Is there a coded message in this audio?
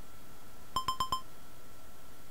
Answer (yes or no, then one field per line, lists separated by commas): no